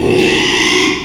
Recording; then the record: squeal of a Yucatan mini pig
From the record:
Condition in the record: after surgery on the right vocal fold (resection and tissue-engineered implant); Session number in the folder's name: 1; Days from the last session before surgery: 6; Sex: male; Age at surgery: 12 weeks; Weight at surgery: 13 kg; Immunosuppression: cyclosporine, prednisolone